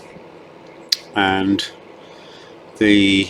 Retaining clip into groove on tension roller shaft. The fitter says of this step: that should snap into place now these two circuit grooves